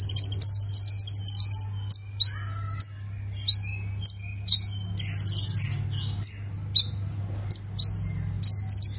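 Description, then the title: Plain prinia song alternating fast buzzy trills with sharp chirps, with a continuous low hum underneath. "Ciblek Sawah"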